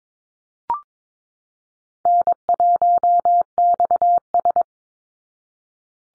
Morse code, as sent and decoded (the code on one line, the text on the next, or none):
-. .---- -..- ...
N1XS